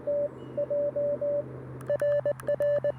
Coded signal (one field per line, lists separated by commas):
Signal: Morse code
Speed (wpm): 20 wpm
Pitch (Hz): 580 Hz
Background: radio noise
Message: TJ RR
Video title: My CW Secret Combo? CFT-1 & POTA PERformer 17' Whip